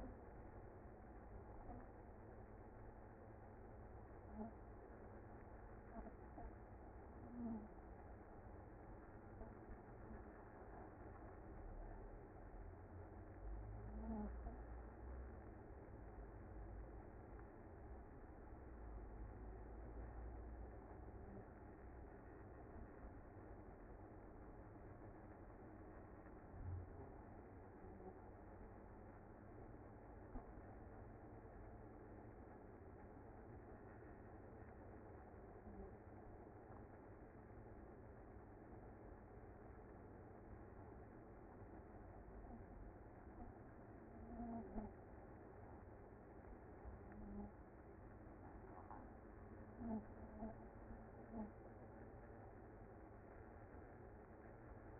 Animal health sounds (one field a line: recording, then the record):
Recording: honeybee colony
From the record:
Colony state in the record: active